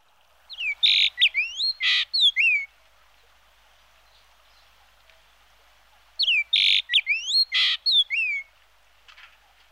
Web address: emberiza yessoensis